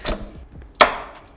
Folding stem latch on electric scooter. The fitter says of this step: just feels so solid and then you've got this latch right here so now that it's latched like you've got a safety right